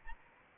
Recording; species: mosquito wingbeat signal from an infrared sensor; Anopheles arabiensis